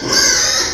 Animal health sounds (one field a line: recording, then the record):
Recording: squeal of a Yucatan mini pig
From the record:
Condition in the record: before surgery on the right vocal fold (resection and tissue-engineered implant)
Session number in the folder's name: 1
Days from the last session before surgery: -3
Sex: male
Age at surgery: 12 weeks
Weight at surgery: 13 kg